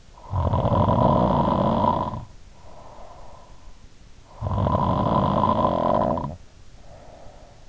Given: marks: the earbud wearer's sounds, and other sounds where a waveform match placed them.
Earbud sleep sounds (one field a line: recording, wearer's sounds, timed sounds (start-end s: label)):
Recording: sounds in sleep by an in-ear microphone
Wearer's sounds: snoring breath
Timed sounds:
0.15-3.77 s: snoring breath
4.07-7.69 s: snoring breath